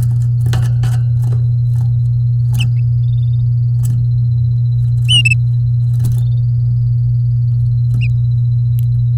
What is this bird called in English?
Domestic Canary